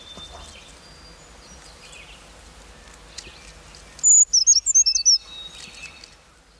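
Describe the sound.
Brown creeper singing one very high, thin, wavering phrase of quick tumbling notes lasting about a second, with faint chirps from other birds before and after.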